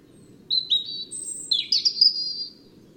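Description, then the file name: European robin song, a two-second phrase of thin high whistles and quick trills that rise and fall, over a soft low rumble. "Erithacus rubecula"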